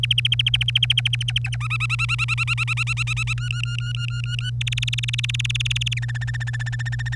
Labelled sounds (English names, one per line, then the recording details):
Domestic Canary song
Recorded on 25 April 2018 at 07:31
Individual llb3